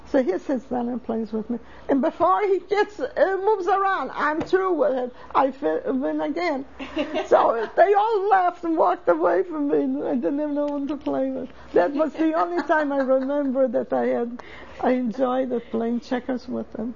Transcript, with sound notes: So he sits down and plays with me, and before he gets, he moves around, I'm through with him, I win again. (laughs) So they all lost and walked away from me. I didn't have no one to play with. That was the only time I remember that I had, I enjoyed playing checks with them.